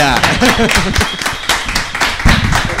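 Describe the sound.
A small group in a studio claps steadily for a few seconds, a dense patter of overlapping hand claps, with voices calling out and talking loudly over the applause throughout.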